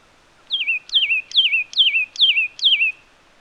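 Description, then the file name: Satin flycatcher calling six whistled notes at a steady pace, each starting high, dropping and wavering before trailing off, with a faint click before several notes. "Myiagra Cyanoleuca"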